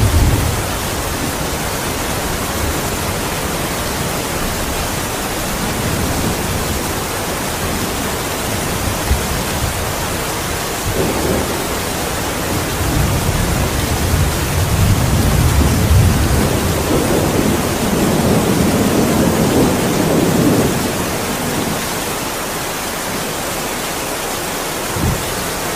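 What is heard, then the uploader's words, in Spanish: Torrential rain pours steadily on a tin roof as a dense hiss, with deep thunder rumbles swelling low around twelve and sixteen to twenty seconds. La Lluvia Torrencial y los Furiosos Truenos que Suenan en un Techo de Hojalata por la Noche.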